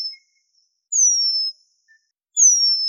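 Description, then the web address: Eurasian penduline tit giving thin, high, drawn-out whistles that slide gently downward, two full calls about a second and a half apart, in otherwise quiet surroundings. Recorded in Slovenia. "slo birds Remiz-pendulinus"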